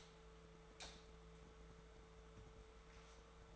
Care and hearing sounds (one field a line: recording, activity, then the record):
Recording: daily activity, microphone in the room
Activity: light on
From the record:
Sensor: 3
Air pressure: 1014.7 hPa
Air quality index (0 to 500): 194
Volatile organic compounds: 25 ppm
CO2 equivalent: 2841 ppm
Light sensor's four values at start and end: 11/27/11/11 and 14/36/14/14